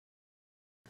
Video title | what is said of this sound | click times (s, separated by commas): How to Install a Garage Door Opener - Full STEP by STEP | and it should snap in place like that | 0.9 s